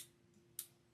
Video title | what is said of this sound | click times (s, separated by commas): Oh NOOO! I think I am obsessed with beaded pens! | you're just going to turn this part here. Hear it click. | 0.6 s